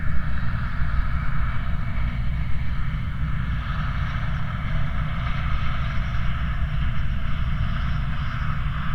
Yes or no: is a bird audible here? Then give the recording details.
no. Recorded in the Prudhoe Bay oil fields, Alaska, on 15 August 2019 at 04:47. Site 29